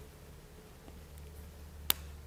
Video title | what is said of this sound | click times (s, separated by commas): Episode 8 Rolls Royce Merlin Nitty-Gritty | You hear it click through, and now it's retained in there properly. | 1.9 s